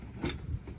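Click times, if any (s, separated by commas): none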